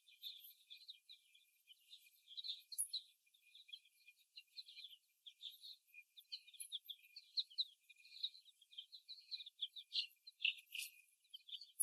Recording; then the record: young laying hens in a cage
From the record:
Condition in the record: after the stressor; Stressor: simulated dog barking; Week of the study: 1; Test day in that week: 1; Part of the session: 2